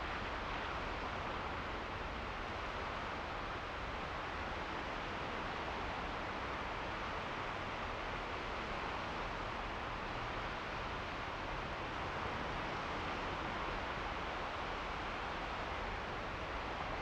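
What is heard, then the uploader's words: Coastal wind rushes steadily over the dunes, a dense, unbroken hiss with a soft rumble underneath. The sound stays level for the whole stretch, with no distinct wave crashes or gusts standing out, just a constant airy roar. The ocean breeze. Windy Ocean Dunes (Coastal Wind & Waves).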